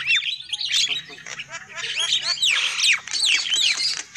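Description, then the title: Lovebird calls, high squeaky notes with sweeping rising and falling whistles mixed into continuous chatter, a faint low hum beneath. Lovebird lure call used for bird trapping. "PIKAT BURUNG LOVEBIRD"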